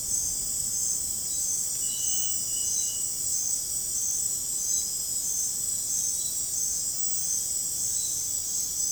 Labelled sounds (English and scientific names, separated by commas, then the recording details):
none
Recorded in dense forest near Puerto Asís, Putumayo, Colombia, on 29 June 2025 at 21:30
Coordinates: 0.503, -76.323
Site G059